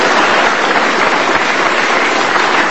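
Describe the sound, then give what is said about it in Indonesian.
A crowd at the Panggung Gus Mus stage event applauds Kiai Haji Mustafa (Gus Mus) steadily, dense overlapping claps forming a loud, even wash of sound that holds without pause, with no voices heard over it. “Sekali lagi tepuk tangan dong untuk Kiai Haji Mustafa Gus Mus.”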